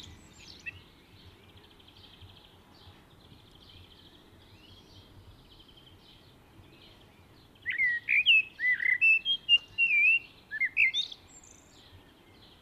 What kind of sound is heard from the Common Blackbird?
song